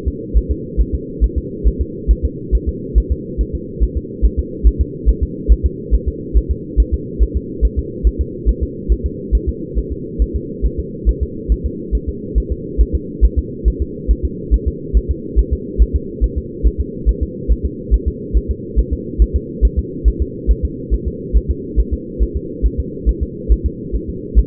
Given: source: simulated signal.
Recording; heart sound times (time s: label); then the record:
fetal heart sounds
0.08 s: S2
0.37 s: S1
0.51 s: S2
0.81 s: S1
0.95 s: S2
1.24 s: S1
1.38 s: S2
1.67 s: S1
1.81 s: S2
2.11 s: S1
2.25 s: S2
2.55 s: S1
2.69 s: S2
2.98 s: S1
3.12 s: S2
3.41 s: S1
3.55 s: S2
3.83 s: S1
3.97 s: S2
4.25 s: S1
4.39 s: S2
4.67 s: S1
4.81 s: S2
5.09 s: S1
5.23 s: S2
5.52 s: S1
5.66 s: S2
5.94 s: S1
6.08 s: S2
6.37 s: S1
6.51 s: S2
6.80 s: S1
6.94 s: S2
7.23 s: S1
7.37 s: S2
7.65 s: S1
7.79 s: S2
8.07 s: S1
8.21 s: S2
8.49 s: S1
8.63 s: S2
8.92 s: S1
9.06 s: S2
9.35 s: S1
9.49 s: S2
9.78 s: S1
9.92 s: S2
10.22 s: S1
10.36 s: S2
10.66 s: S1
10.80 s: S2
11.09 s: S1
11.23 s: S2
11.52 s: S1
11.66 s: S2
11.95 s: S1
12.09 s: S2
12.38 s: S1
12.52 s: S2
12.81 s: S1
12.95 s: S2
13.25 s: S1
13.39 s: S2
13.68 s: S1
13.82 s: S2
14.11 s: S1
14.25 s: S2
14.54 s: S1
14.68 s: S2
14.97 s: S1
15.11 s: S2
15.39 s: S1
15.53 s: S2
15.82 s: S1
15.96 s: S2
16.24 s: S1
16.38 s: S2
16.67 s: S1
16.81 s: S2
17.09 s: S1
17.23 s: S2
17.51 s: S1
17.65 s: S2
17.94 s: S1
18.08 s: S2
18.37 s: S1
18.51 s: S2
18.79 s: S1
18.93 s: S2
19.22 s: S1
19.36 s: S2
19.65 s: S1
19.79 s: S2
20.08 s: S1
20.22 s: S2
20.51 s: S1
20.65 s: S2
20.94 s: S1
21.08 s: S2
21.37 s: S1
21.50 s: S2
21.79 s: S1
21.93 s: S2
22.22 s: S1
22.36 s: S2
22.66 s: S1
22.80 s: S2
23.09 s: S1
23.23 s: S2
23.52 s: S1
23.66 s: S2
23.96 s: S1
24.09 s: S2
24.39 s: S1
From the record:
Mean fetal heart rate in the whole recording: 140 bpm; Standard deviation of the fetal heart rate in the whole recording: 2 bpm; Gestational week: 34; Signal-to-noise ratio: -4.1 dB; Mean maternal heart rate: no maternal heart sound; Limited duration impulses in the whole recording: absent